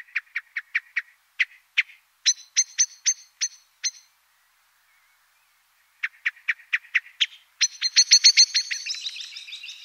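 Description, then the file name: Eurasian blackbird song heard slowly as rows of short clicking notes, a silent gap, then more clicks building into a dense, buzzy twitter. Slowed down; recorded 12 September 2025 around 08:38. "Merle Et Merle Au Ralenti Merle noir"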